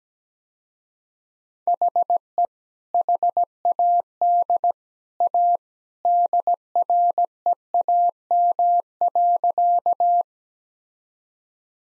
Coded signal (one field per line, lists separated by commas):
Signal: Morse code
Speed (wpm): 17 wpm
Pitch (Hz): 700 Hz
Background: none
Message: HE HAD A DREAM.